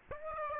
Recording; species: mosquito wingbeat signal from an infrared sensor; Aedes aegypti